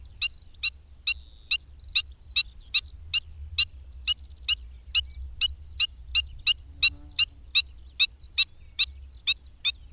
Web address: Madardalok Gólyatöcs